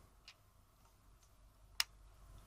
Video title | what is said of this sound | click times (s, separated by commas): Tripod and Grip Guides Episode 8: Manfrotto BeFree Tripod | until you hear a click. | 1.8 s